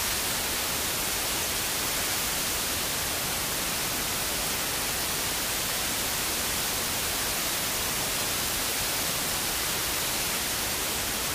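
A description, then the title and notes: White noise plays as an even, unbroken hiss, brightest at the top end with a softer rush underneath. Nothing changes over the whole stretch: no events, no swells, no background sounds, just a constant wash of static at steady volume. Deep Sleep White Noise.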